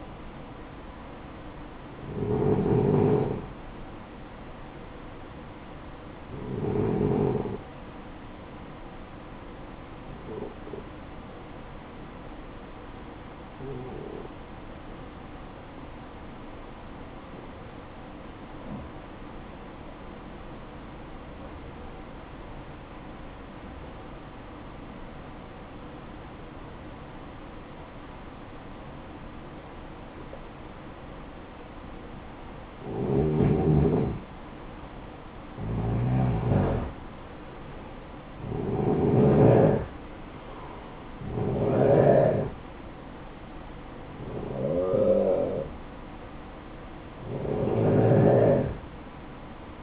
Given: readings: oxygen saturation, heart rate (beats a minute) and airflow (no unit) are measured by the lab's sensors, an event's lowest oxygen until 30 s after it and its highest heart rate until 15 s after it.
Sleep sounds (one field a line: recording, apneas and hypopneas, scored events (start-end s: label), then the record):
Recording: breathing in sleep by a voice recorder at the bedside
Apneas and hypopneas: 1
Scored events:
19.00-33.40 s: obstructive apnea (N1, oxygen 95% highest, then 90% lowest, heart rate 61 at the start, 66 highest)
From the record:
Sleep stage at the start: N1 (lightest sleep)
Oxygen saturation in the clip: 88 to 95%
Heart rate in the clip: 55 to 66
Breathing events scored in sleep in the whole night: 573 in 9.8 hours asleep